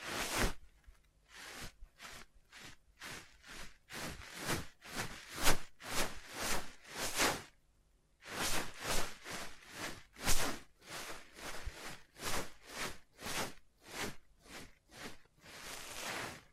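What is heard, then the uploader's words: Scratching and tracing strokes repeat at a steady pace, roughly two per second, each a bright, hissy swish that fades quickly. The strokes break off briefly around the middle, then resume and end on a longer, softer sweep. Tapping, Scratching, Tracing and Panning.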